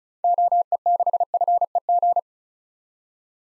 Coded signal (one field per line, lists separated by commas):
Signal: Morse code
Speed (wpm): 36 wpm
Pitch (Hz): 700 Hz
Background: none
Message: OE6FEG